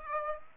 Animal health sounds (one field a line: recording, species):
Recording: mosquito wingbeat signal from an infrared sensor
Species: Aedes aegypti